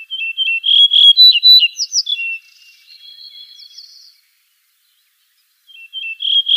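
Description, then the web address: Yellow-breasted bunting song, a sweet run of whistled notes with a higher flourish and a faint buzzy tail; after a pause the next phrase begins. "Schulze Peter Yellow-breasted Bunting song"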